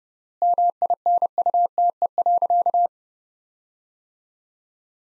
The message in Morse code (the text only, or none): MINUTE.